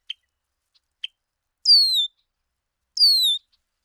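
Bird chirping: two clear downslurred whistles falling in pitch, about a second apart, preceded by a couple of brief sharp clicks.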